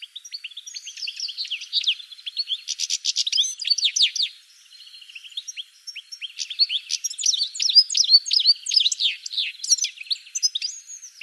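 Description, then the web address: Bird song, a dense rapid stream of high chirps and trills, with a brief quieter stretch midway. "cianscape birddata"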